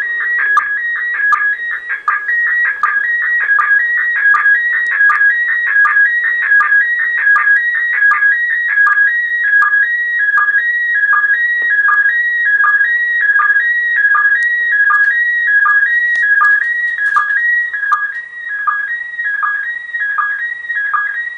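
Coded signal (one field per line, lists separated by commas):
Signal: SSTV (slow-scan television)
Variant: PD180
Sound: warbling tone stepping between pitches, with a short low chirp about every three-quarter second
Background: radio static, small room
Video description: Slow Scan TV (SSTV) received in Southern England (West Sussex) from the International Space Station on the evening of 31 January 2015.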